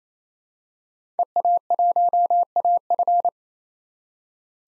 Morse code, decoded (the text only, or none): EA1AF